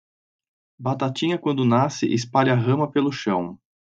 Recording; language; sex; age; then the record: short text; Brazilian Portuguese; male; 30 to 39 years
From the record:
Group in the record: control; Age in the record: 32 years